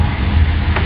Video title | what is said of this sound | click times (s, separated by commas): Introduction to Xylea 101 for mpeg | lock into place. These | 0.8 s